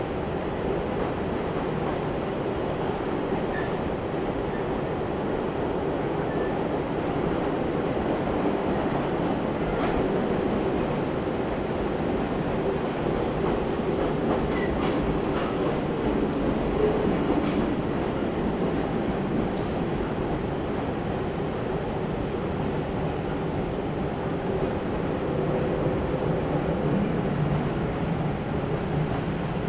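Steady low rumble and rattle of an Izuhakone Railway Daiyuzan Line train running, with faint clicks and squeaks scattered throughout, constant in level.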